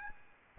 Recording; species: mosquito wingbeat signal from an infrared sensor; Aedes albopictus